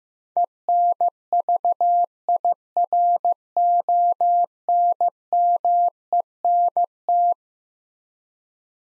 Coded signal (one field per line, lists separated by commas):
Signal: Morse code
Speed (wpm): 15 wpm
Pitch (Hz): 700 Hz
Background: none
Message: ENVIRONMENT